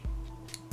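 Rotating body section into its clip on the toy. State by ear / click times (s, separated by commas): seated / 0.5 s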